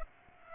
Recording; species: mosquito wingbeat signal from an infrared sensor; Aedes aegypti